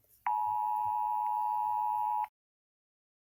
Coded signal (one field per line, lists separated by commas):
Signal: Emergency Alert System (SAME) tones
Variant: 853 and 960 Hz attention tone